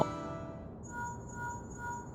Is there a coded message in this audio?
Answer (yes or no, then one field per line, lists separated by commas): no